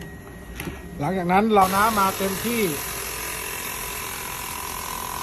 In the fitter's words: จะทำการล็อคและปิดฝาได้เลยนะครับหลัง